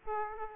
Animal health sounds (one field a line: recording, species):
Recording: mosquito wingbeat signal from an infrared sensor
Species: Aedes aegypti